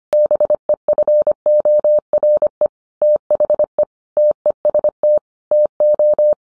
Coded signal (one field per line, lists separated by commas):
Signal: Morse code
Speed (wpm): 25 wpm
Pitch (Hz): 600 Hz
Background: none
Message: BEFORE THE TEST TO